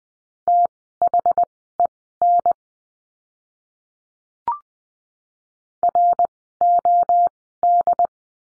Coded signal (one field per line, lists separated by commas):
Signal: Morse code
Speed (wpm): 20 wpm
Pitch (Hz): 700 Hz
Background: none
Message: THEN ROD